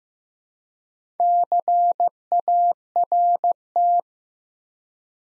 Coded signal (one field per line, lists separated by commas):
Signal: Morse code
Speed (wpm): 15 wpm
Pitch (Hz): 700 Hz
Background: none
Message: CART